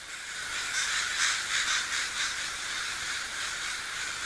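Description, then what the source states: Crow cawing, harsh bursts in quick succession, partly buried under a steady loud hiss. Recorded at sea.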